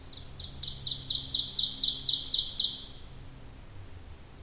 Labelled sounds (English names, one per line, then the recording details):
Ovenbird song
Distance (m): 35 m
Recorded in boreal forest in Alberta, Canada, on 26 May 2016 at 08:26
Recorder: SongMeter 3, array SBT-3-15
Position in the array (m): 36 m, 246 m
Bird 20